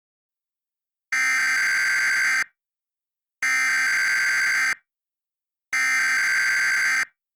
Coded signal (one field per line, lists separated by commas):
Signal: Emergency Alert System (SAME) tones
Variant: header bursts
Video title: The Asheville Inferno - EAS Scenario #2